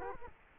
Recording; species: mosquito wingbeat signal from an infrared sensor; Culex quinquefasciatus